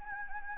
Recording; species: mosquito wingbeat signal from an infrared sensor; Anopheles gambiae